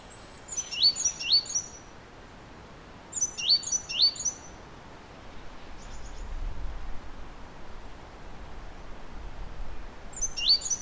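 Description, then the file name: Great tit uttering short bursts of several high, sharp notes separated by pauses, with a low rumble underneath. "Parus major"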